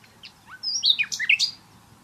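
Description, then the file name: Common nightingale giving a short, bright phrase of quick slurred whistles and sharp descending notes. "Luscinia megarhynchos"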